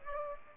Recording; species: mosquito wingbeat signal from an infrared sensor; Aedes aegypti